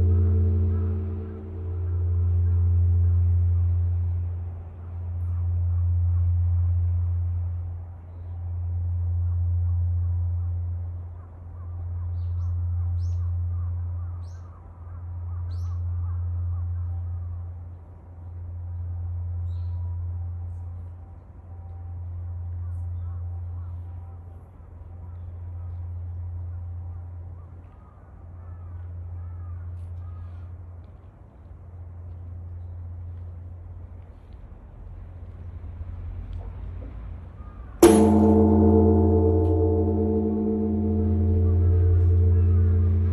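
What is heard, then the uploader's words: A deep temple bell hum fills the morning at Zojo-ji, throbbing in slow, regular swells every few seconds as it gradually fades. Near the end the bell is struck again with a sharp clang, and a fuller, brighter ringing tone returns. Morning Begins at Zojo-ji Temple. Zojo-ji Temple, the head temple of the Jodo sect of Buddhism, located beside Tokyo Tower. Urban Soundscape Tokyo.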